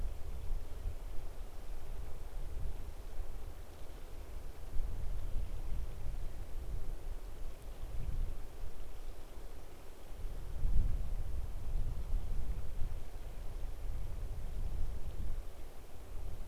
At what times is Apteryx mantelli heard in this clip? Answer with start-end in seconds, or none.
none